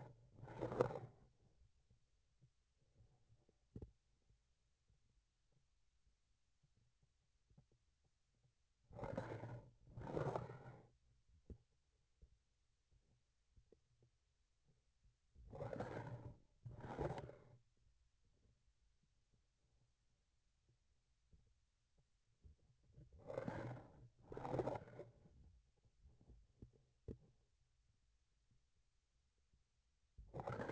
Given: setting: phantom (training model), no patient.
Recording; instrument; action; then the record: laparoscopic instrument, vibration sensor on the handle end; grasping forceps; approaching and retracting movements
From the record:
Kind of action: spatial motion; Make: other than Olympus